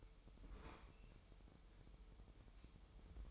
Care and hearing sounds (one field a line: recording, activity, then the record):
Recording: daily activity, microphone in the room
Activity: open fridge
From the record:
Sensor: 1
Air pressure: 988.4 hPa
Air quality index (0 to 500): 199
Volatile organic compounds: 1000 ppm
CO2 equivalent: 5331 ppm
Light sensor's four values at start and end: 27/100/37/39 and 27/100/37/39